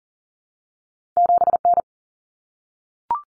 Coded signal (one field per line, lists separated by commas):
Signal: Morse code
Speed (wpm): 40 wpm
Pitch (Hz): 700 Hz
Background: none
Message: 7N